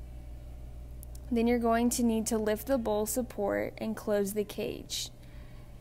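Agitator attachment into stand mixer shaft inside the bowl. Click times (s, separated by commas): 1.0 s, 1.1 s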